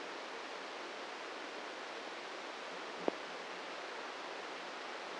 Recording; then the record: brain microelectrode recording played as sound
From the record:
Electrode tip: inside the subthalamic nucleus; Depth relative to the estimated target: -4 mm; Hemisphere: left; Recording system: NeuroSet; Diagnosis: Parkinson's disease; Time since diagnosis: 8 years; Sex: male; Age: 46 years